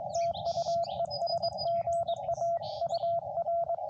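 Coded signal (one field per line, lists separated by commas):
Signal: Morse code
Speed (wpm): 21 wpm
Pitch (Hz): 690 Hz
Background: radio noise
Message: TU ES GA UR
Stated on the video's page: CW contact during a Parks on the Air activation.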